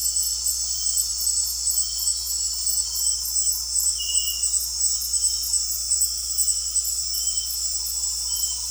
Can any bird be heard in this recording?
no